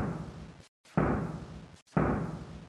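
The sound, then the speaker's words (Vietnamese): Heavy war drums boom in a slow, steady beat outside palace gates as an army sets out to war: three deep, loud strikes about a second apart, each one resonating and fading before the next, with no voices. “Mới đi được vài bước, bên ngoài cửa cung tầng tầng lớp lớp truyền đến tiếng trống trận thùng thùng.”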